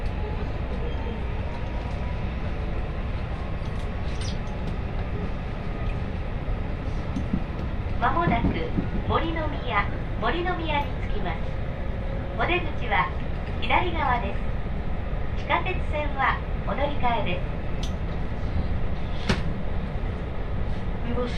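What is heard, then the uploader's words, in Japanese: A ride on an Osaka Loop Line train, with a steady low rumble and hiss of the moving carriage throughout. From about eight seconds a woman's voice makes an announcement in bursts until near eighteen seconds, with faint clicks and rattles scattered through. 耳で楽しむ鉄道旅 ＪＲ難波→新今宮→京橋→鴫野。大阪環状線の内回り電車に乗り換えて京橋に向かいます。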